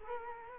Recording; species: mosquito wingbeat signal from an infrared sensor; Culex quinquefasciatus